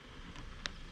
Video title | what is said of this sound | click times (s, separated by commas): Jeep Wrangler 4xe 1.5 year review. Mopar lift. | you pop both of these windows out two clicks | 0.7 s